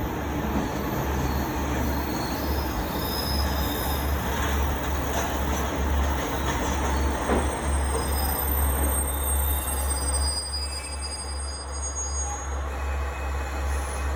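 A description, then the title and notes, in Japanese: The Hayato no Kaze train pulls into Yoshimatsu Station with a steady, heavy low rumble, a faint thin whine above it, and a brief knock near seven seconds. はやとの風入構。吉松駅にて。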